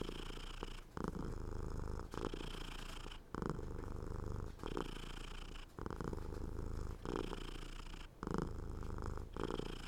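Domestic cat purr, continuous low vibrating rumble with regular short breaks between breaths.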